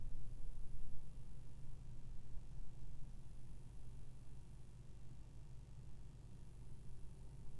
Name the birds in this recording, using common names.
none